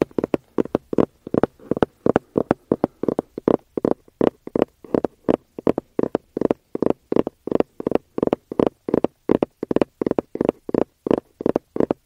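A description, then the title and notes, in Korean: Tapping on an aroma oil case goes on in a quick, fairly regular pattern of short, separate knocks, about three or four each second. Each tap is crisp with a hollow, mid-low body. There are brief pauses between taps and nothing else underneath. ASMR 노토킹 아로마오일, 케이스 탭핑.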